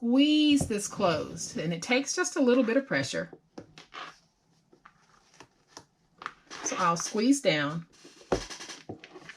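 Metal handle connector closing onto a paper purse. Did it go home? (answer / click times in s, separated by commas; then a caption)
yes / 8.3 s. Pliers squeeze a metal handle fitting closed onto a paper purse, with tissue protecting the front piece, while someone talks. After a few faint handling ticks, a sharp pop at 8.3 s marks the fitting joining so it no longer wiggles.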